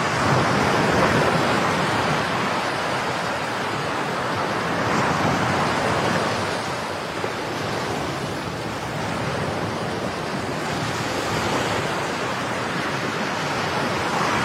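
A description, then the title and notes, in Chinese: Waves on a beach roll in as a dense, steady hiss of surf with no distinct breaks or crashes standing out. The wash stays loud and even throughout, swelling slightly around the middle and easing a little toward the end. 沙滩 海浪声。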